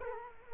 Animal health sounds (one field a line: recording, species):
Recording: mosquito wingbeat signal from an infrared sensor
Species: Culex quinquefasciatus